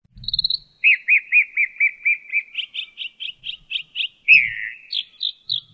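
Mockingbird song: a high rapid trill, then a long run of identical slurred chirps about four per second, stepping higher, and a final varied burst of warbled notes.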